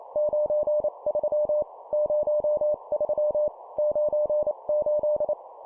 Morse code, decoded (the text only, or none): 93 03 98